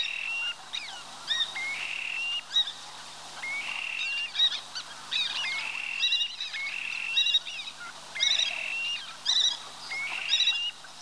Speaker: На речных отмелях перекликаются курики-мародунки.